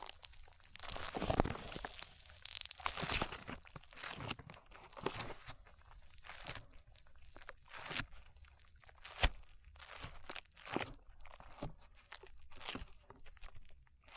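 Slime being squished and pulled, with sticky crackles and wet pops arriving in quick irregular bursts. The first few seconds are the busiest, then the sounds thin out into separate snaps and squelches, with a sharp pop near nine seconds.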